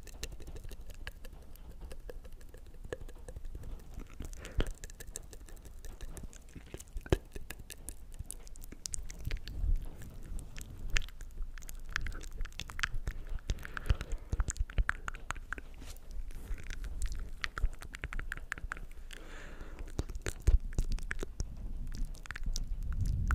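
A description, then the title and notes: Wet mouth sounds of clicks, smacks and chewing, dense and irregular throughout, with soft low rumbling underneath and sharp bright pops. ASMR Tascam Vs Blue Yeti Nano Vs OG Blue Yeti Comparison. (MOUTH SOUNDS).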